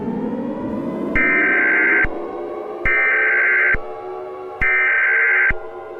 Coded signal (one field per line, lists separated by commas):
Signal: Emergency Alert System (SAME) tones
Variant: header bursts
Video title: EAS Scenario #4: South Park